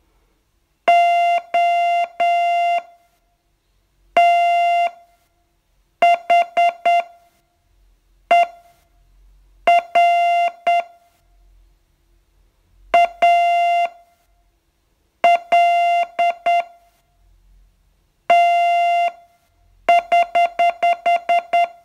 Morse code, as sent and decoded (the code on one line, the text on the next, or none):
--- - .... . .-. / .- .-.. - ........
OTHER ALT<HH>